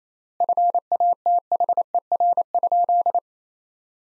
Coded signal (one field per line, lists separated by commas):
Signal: Morse code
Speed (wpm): 27 wpm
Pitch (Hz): 700 Hz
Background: none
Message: FATHER?